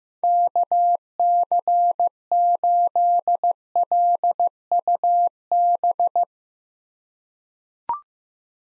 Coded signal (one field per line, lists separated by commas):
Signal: Morse code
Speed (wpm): 15 wpm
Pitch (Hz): 700 Hz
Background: none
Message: KC8LUB